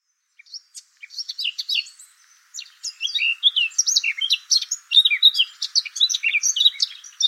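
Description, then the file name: Eurasian blackcap song starting with scattered single notes, building into a fast, continuous warble of bright, twisting phrases. "Sylvia atricapilla"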